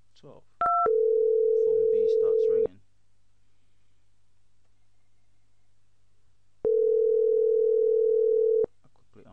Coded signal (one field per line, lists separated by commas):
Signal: telephone call progress tone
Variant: North America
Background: speech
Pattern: ringback tone